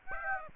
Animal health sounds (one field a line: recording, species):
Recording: mosquito wingbeat signal from an infrared sensor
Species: Aedes aegypti